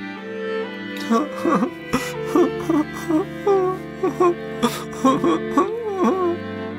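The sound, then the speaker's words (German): A boy cries, sobbing in a string of short, wavering bursts with rising and falling whimpers and catching breaths, fairly loud and with no words spoken. “Peter fühlte sich so schuldig, dass er weinen musste.”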